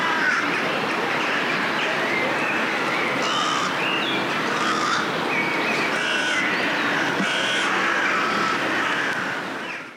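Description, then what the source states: A crowded chorus of harsh crow-like caws, overlapping calls forming a steady wall of sound that fades away at the very end. A chorus of crows calling together.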